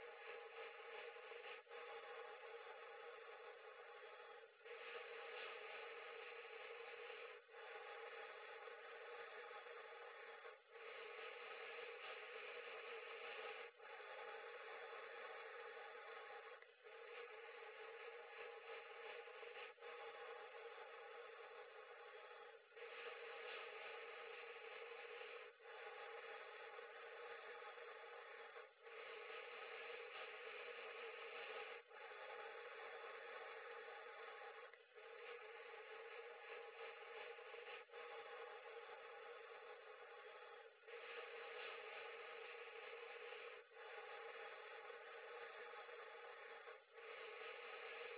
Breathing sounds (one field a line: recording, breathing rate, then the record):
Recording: paced breathing near a phone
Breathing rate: 10 breaths a minute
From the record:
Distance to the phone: 40 cm